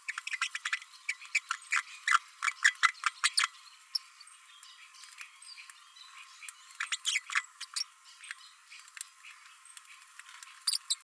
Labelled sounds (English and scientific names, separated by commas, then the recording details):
Green-rumped Parrotlet (Forpus passerinus) babbling
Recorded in a nest box in Venezuela
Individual 18B12A1